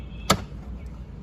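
A carbon fiber interior trim cover is lined up with three clips and holes on a car interior panel and pressed on. A single sharp snap at 0.3 s is heard over a low steady background hum as the cover seats onto the clips, and it is done.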